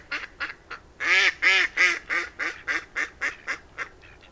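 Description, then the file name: Mallard quacking, a run of about fourteen nasal, harmonic quacks, loudest early on and gradually softening toward the end. "tokesrece"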